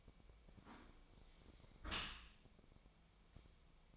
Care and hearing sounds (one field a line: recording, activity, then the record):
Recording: daily activity, microphone in the room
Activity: close dishwasher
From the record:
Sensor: 1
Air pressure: 1003.1 hPa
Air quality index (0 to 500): 196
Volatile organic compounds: 6 ppm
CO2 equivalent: 1878 ppm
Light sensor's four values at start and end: 17/42/17/21 and 17/41/17/20